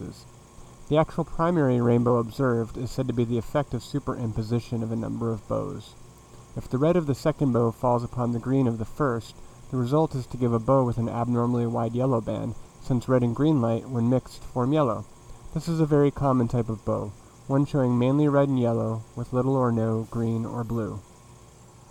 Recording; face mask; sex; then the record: reading aloud; none; male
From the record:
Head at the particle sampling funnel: facing it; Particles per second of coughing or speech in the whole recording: 5.71